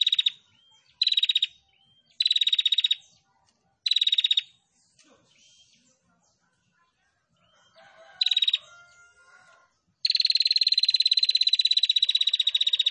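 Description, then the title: Prinia giving short rapid rattling trills about once a second, a quiet pause, another burst, then a long continuous pulsed trill to the end. Female, actively singing; masteran recording for training songbirds. "Masteran Burung Prenjak Betina Gacor"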